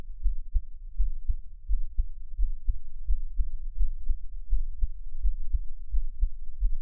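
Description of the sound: Steady, deep paired thumps repeat at about 86 beats a minute, with a soft low rumble between them and no talking. An ordinary adult heartbeat is heard up close, offered as ASMR for listening on headphones.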